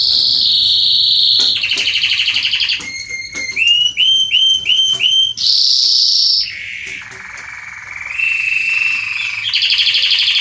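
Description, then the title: Canary song mixing rapid trills with a sequence of separate rising whistled notes, then a bright high trill and lower rolling phrases. Male Belgian canary singing a lot, used to warm up and train young canaries. "Canary Training. Esquente Seu Filhote E Canario Belga Macho Cantando Muito. CANTO DO CANRIO"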